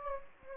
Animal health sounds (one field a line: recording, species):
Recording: mosquito wingbeat signal from an infrared sensor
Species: Anopheles gambiae